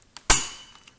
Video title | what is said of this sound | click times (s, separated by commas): Monter un PC A-Z Deuxieme Partie (Montage) | Voilà, on entend un clic. | 0.3 s